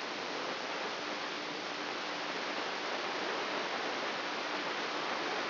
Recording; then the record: brain microelectrode recording played as sound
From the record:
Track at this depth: outside the subthalamic nucleus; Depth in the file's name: 8.304 mm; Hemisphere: left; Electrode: 3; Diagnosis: Parkinson's disease